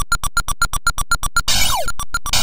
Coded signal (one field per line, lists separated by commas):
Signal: none